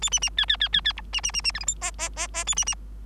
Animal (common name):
Bengalese Finch